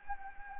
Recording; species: mosquito wingbeat signal from an infrared sensor; Anopheles gambiae